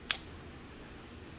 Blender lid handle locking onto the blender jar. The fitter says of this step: So I guess you can only click it into place when, yep, there you go.